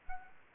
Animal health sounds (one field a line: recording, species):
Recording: mosquito wingbeat signal from an infrared sensor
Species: Anopheles gambiae